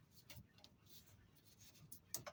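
An electrical plug for the water-in-fuel sensor is handled at the sensor on the fuel filter housing, being pushed back on to click into place. Light ticking and small handling sounds are heard, with a few sharper taps near the end. Nothing has seated or clicked yet.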